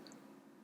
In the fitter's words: pull the pendulum arm up until you you hear a click